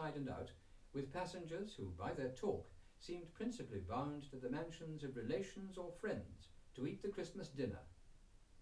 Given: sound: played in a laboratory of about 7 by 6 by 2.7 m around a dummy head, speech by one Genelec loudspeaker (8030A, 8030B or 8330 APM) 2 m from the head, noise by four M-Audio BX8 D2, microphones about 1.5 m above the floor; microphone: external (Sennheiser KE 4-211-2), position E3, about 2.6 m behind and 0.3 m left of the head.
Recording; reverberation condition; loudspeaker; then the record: male speech in English; low; 30 degrees to the right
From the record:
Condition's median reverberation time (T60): about 310 ms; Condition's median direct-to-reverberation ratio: about 3.5 dB